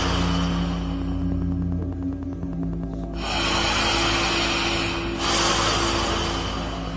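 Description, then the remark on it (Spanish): Slow, deep breathing during a guided hypnosis relaxation session: two long, airy breaths swell one after the other over a steady low hum, with no talking. “Concéntrese en esta respiración.”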